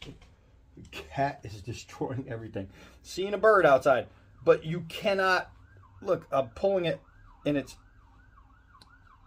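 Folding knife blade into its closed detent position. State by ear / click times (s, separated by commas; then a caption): seated / 8.8 s. Someone talks while pulling on a folding knife's blade, and the blade snaps back shut under its detent into the closed position with a short sharp click at 8.8 s, showing it cannot open in a pocket. A siren-like wail is heard in the background.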